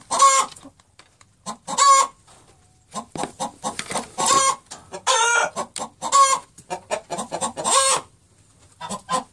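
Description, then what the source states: Chicken cackling, a run of loud harsh squawks mixed with fast clucking notes throughout. Hen; sound made when laying an egg.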